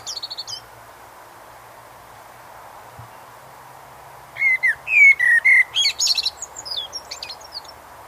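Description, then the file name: Common blackbird song: a brief high twitter at the start, then after a silence a full phrase of mellow descending whistles closing in squeaky high chatter. "Turdus merula"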